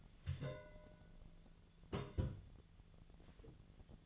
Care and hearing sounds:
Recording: daily activity, microphone in the room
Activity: place on stove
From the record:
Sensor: 4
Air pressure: 1010.8 hPa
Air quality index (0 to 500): 170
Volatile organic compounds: 5 ppm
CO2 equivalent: 1728 ppm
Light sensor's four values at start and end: 38/110/44/45 and 38/110/44/45

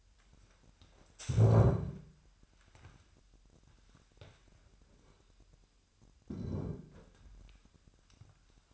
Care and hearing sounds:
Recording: daily activity, microphone in the room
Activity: stand up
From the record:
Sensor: 2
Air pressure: 998.3 hPa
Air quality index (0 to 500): 128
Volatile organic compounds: 3 ppm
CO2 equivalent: 1452 ppm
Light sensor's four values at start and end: 8/19/8/9 and 6/15/6/7

